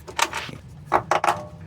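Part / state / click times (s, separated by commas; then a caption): plastic harness retaining clip into body mounting hole / seated / 1.1 s. A plastic wiring harness retaining clip on a Daihatsu Mira TRXX Avanzato R is pushed into its body mounting hole in the engine bay. Several short plastic knocks and scrapes are heard, with the clip snapping in at 1.1 s. The clip is seated and the harness is now held up properly.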